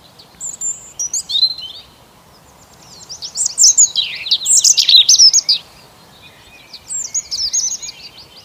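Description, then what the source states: Bird song of bright high chirps and fast twittering trills in three bursts, with quiet gaps between them. Birds singing on an early spring morning.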